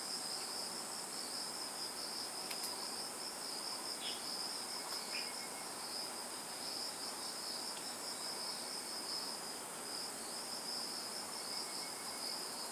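Insects drone steadily through the morning, a constant high shrill trill over a dense hiss that never lets up. A few brief bird chirps poke through, around the two-, four-, five- and eight-second marks, and again near the end.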